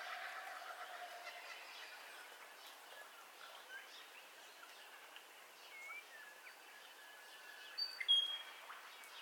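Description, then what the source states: Bird: quiet dawn ambience of faint bird twitters and thin whistles, ending with a louder pair of high chirps near the close. Dawn ambience of bird calls, recorded in stereo.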